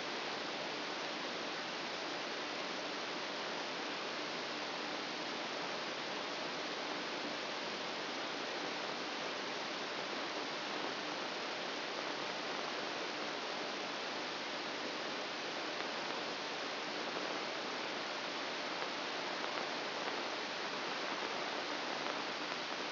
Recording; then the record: brain microelectrode recording played as sound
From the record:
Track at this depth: inside the subthalamic nucleus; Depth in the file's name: 2.405 mm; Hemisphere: right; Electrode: 2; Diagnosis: Parkinson's disease